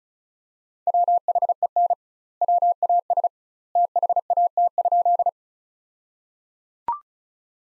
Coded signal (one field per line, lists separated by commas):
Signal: Morse code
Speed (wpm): 36 wpm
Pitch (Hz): 700 Hz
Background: none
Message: WHEN WAS THAT?